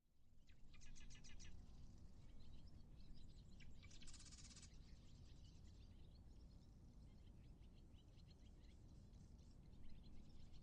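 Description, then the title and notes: Tern calls come as grating, rapid chattering bursts, strongest near the start and middle, set against constant loud low-pitched rumbling noise. Terns carrying fish. "Terns with fish. The Macauley Library at the Cornell Lab of Ornithology, Ithaca, New York"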